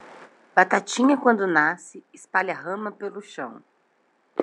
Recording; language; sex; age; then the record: short text; Brazilian Portuguese; female; 30 to 39 years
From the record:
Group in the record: control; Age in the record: 32 years